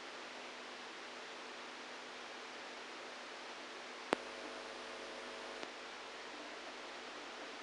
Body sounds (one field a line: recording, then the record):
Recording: brain microelectrode recording played as sound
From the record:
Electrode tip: outside the subthalamic nucleus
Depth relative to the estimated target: 3 mm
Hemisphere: right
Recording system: NeuroSet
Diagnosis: Parkinson's disease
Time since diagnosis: 27 years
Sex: male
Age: 62 years